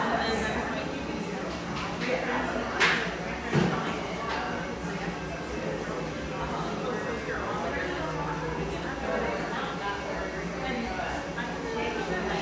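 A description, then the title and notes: Pearl District, Portland, Oregon: a dense, steady murmur of many voices runs throughout over a constant low rumble. A sharp clack rings out near three seconds with a dull thump just after, and light clicks and taps surface now and then later on. Pearl District, Portland, Oregon.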